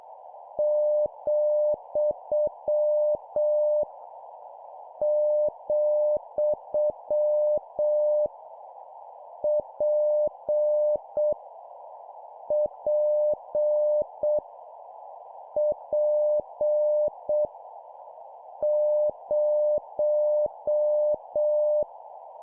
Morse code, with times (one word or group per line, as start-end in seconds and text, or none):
0.6-3.8 ,
5.0-8.3 ,
9.4-11.3 P
12.5-14.4 P
15.6-17.5 P
18.6-21.8 0